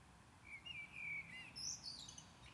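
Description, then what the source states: Common blackbird song phrase: a rich, fluting whistle, then a rapid squeaky twitter at the end, over low rumbling background noise. Recorded at Maindy.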